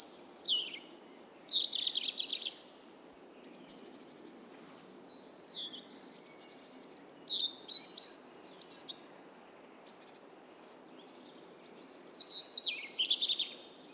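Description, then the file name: European robin song: three bursts of high, tinkling, varied notes and quick descending whistles, each phrase lasting a few seconds with quiet gaps between. "Erithacus rubecula"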